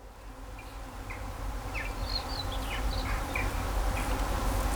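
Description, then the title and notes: Bees buzzing in a low droning hum that swells over the first seconds, with scattered short bird chirps above and a rumbling traffic background. Bees in vineyards at Kallstadt, Germany, in rural countryside, with birds singing and road traffic sounds. "In den Reben, Kallstadt, Deutschland - In Kallstadt summen die Bienen. Natur, Weinreben, Bienen summen, Vögel singen, Fahrgeräusche von Straße, Land"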